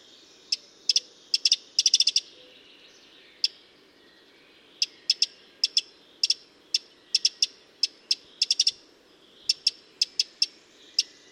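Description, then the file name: Eurasian wren making abrupt ticking calls, scattered singles mixed with tight bursts, with a lull after the first three and a half seconds before frequent ticks resume through to the end. "Troglodytes troglodytes"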